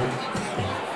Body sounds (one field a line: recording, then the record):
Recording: coughing mixed with background sound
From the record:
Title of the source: Mid-morning Winter Coughing Fit